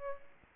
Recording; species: mosquito wingbeat signal from an infrared sensor; Aedes aegypti